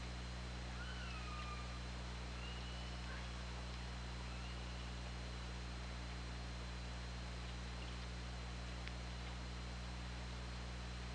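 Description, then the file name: Orca calls, a few faint harmonic calls early on, then only a steady low hum and hiss. Recorded on the OrcaLab hydrophone, 24 August 2017 at 20:54:04. "Orca Lab UTLN JASON 20170824 205404"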